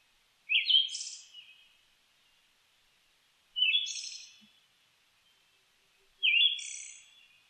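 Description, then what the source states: Siberian Thrush song, three short phrases each with a sliding whistle and a thin high buzzy trill, spaced about three seconds apart in quiet surroundings. Recorded 29 May 2004.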